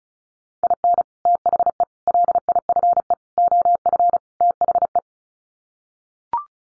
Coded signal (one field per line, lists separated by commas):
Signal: Morse code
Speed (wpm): 34 wpm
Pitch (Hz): 700 Hz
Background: none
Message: IN THE LIFE OF THE